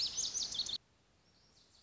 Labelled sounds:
Lazuli Bunting (Passerina amoena)

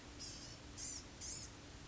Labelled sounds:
Blue-gray Gnatcatcher (Polioptila caerulea)

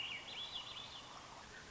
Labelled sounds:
Swainson's Thrush (Catharus ustulatus)

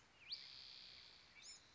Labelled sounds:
Spotted Towhee (Pipilo maculatus)

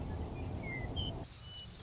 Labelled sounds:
Western Meadowlark (Sturnella neglecta)

